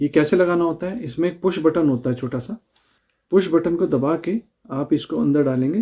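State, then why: Not seated. A plastic jet tip is being handled for fitting into a water flosser handle, with its small push button held down, while someone talks throughout. There are pauses in the speech, but no click is heard, and nothing has seated or locked yet.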